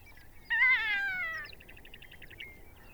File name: Ferruginous Hawk Buteo regalis